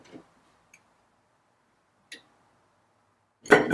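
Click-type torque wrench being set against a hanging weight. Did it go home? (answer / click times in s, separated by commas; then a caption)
yes / 3.5 s. With a weight hung one foot out on its handle, a click-type torque wrench is turned down until it breaks over, for work on a 6BT diesel engine going into a 1976 Dodge Power Wagon. A few faint ticks come first, including a sharper tick at 2.1 s, then the wrench gives a loud click at 3.5 s. It is judged calibrated at fifty.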